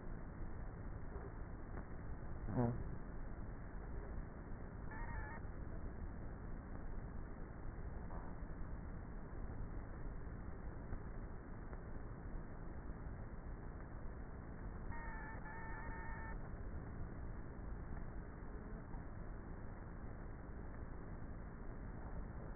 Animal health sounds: honeybee colony, microphone inside the hive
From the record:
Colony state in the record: queenless with a low population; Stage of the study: before two queens were removed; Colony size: about 30,000 bees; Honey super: no

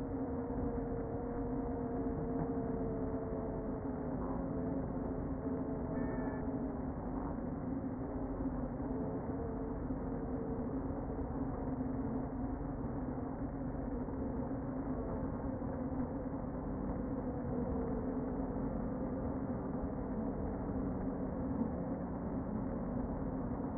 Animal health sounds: honeybee colony, microphone inside the hive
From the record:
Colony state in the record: queen present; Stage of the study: before two queens were removed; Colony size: about 60,000 bees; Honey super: yes

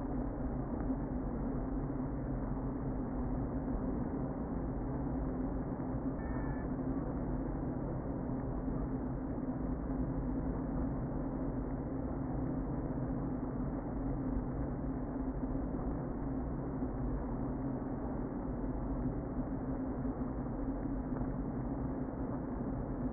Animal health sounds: honeybee colony, microphone inside the hive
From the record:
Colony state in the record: queen present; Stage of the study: before two queens were removed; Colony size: about 60,000 bees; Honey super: yes

